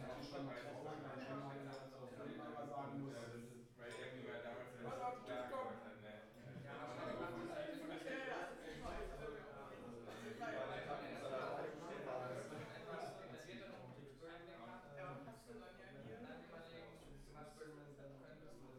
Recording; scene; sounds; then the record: everyday scene through a hearing-aid microphone; many people talking; many voices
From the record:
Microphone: behind the ear, right, rear